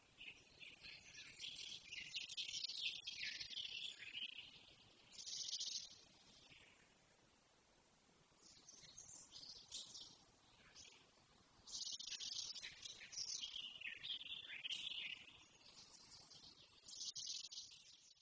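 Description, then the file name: Eurasian blackcap song in separate bursts of quick high warbled notes, with quiet gaps of a few seconds between phrases. "Sylvia atricapilla"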